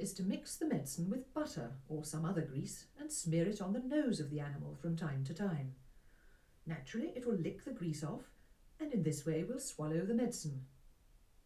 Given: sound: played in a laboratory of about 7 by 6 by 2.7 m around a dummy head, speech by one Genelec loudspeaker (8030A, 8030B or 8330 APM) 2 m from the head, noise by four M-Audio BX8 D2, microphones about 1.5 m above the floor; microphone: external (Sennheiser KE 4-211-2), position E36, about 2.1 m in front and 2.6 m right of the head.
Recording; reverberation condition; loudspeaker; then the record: female speech in English; low; 120 degrees to the left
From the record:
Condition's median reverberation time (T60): about 310 ms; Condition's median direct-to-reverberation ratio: about 3.5 dB